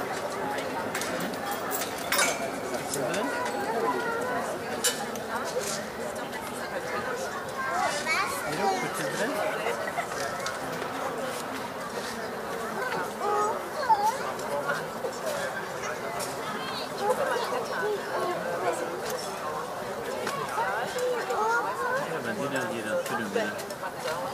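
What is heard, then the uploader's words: Children at play on a summer evening, their voices overlapping in a steady, busy stream of chatter and calls with no real pauses. Short clicks and taps cut through every second or so, and the overall level stays even throughout. Audio Journeys of Berlin: Summer Evening Joy and Child Play. Step into a blissful summer evening in Berlin with this immersive audio journey.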